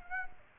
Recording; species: mosquito wingbeat signal from an infrared sensor; Aedes aegypti